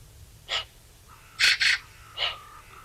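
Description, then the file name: Eurasian magpie calling: one rough rasp, then a loud harsh double note, then another rasp, with a faint thin tone in the background. "Pica pica"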